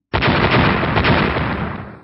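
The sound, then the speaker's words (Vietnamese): A huge explosion erupts suddenly with a broad, roaring blast, then rumbles and crackles on for about two seconds before slowly fading, loud and alone with no voices. “Một tiếng nổ cực lớn chấn động thiên địa truyền ra, vô số kim sắc quang tuyến nổ tung giống như là bạo vũ lê hoa bắn phóng ra từ trung tâm chấn động, thẳng thừng cắt biển lửa đỏ sậm thành vô số mảnh vụn.”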